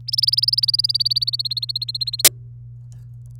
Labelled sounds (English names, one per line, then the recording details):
Domestic Canary song
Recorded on 27 April 2018 at 05:48
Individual llb3